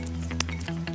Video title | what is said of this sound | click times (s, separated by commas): DR 27- 2016 Burger King Race To The Edge Kids Meal Toys | I hear that little snap. | 0.4 s